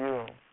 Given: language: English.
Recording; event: throat vibration sensor signal played as sound; speech